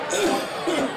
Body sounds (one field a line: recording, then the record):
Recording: coughing mixed with background sound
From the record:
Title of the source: Residual Phlegmy Morning Coughing and Gagging